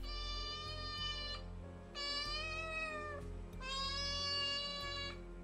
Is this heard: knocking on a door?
no